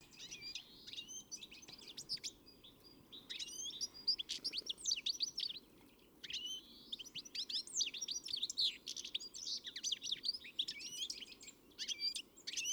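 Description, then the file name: European greenfinch chatter: busy stream of high chirps and twitters in long runs, dipping briefly around five and a half seconds, with steady low background hum. "Chloris chloris"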